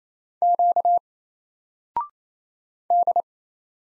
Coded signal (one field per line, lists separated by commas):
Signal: Morse code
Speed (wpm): 28 wpm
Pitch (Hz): 700 Hz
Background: none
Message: Q D